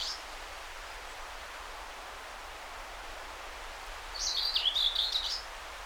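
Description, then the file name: Common whitethroat song: a single brief scratchy warbling phrase near the end, with only a faint fragment at the start and steady background hiss between. Recorded 20 May 2009. "20090520 whitethroat"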